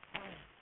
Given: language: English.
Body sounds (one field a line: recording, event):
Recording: throat vibration sensor signal played as sound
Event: throat clearing